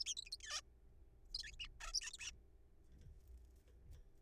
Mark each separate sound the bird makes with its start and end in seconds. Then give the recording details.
0.01-0.04, 0.06-0.14, 0.17-0.21, 0.22-0.25, 0.26-0.30, 0.32-0.36, 0.40-0.42, 0.43-0.61, 1.35-1.43, 1.44-1.51, 1.53-1.55, 1.60-1.68, 1.80-1.92, 1.94-2.00, 2.01-2.10, 2.11-2.12, 2.14-2.17, 2.19-2.31. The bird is a juvenile. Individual R3428